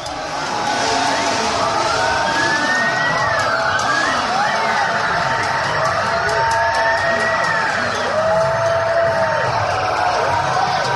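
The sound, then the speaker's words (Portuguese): Several police sirens wail and sweep up and down in overlapping tones, sounding steadily throughout over a loud, dense crowd murmur with indistinct voices, as arrested city councillors are led out of the Câmara Municipal (city council) of Foz. “São os vereadores presos saindo da Câmara Municipal de Foz no dia em que foram conduzidos para tomar posse, né, com a população”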